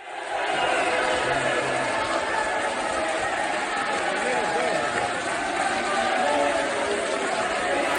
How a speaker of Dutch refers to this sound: Ja, er was vreugde en luid applaus.